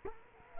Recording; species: mosquito wingbeat signal from an infrared sensor; Culex quinquefasciatus